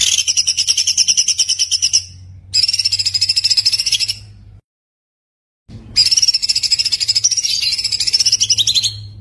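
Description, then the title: White-eye song: high warbling trills with a wavering whistled line, in three stretches divided by pauses, over a low hum. Continuous singing (gacor) with full shooting song (tembakan), used as masteran for tutoring other songbirds. "Masteran Burung Pleci Gacor Full Tembakan"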